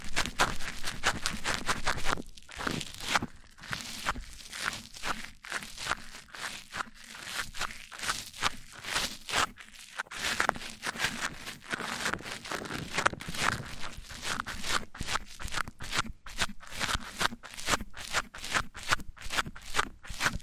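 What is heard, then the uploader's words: Mic-on-mic triggers: rapid, irregular crunchy scratches and taps of one microphone rubbed against another, dense and continuous for the whole clip. The strokes are bright and crisp, arriving several per second with brief gaps near two and ten seconds, over a faint low hum. ASMR MIC ON MIC Triggers Richer Sounds, Intense Tingles!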